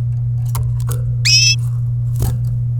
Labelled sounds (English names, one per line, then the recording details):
Domestic Canary song
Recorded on 27 April 2018 at 12:27
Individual llb3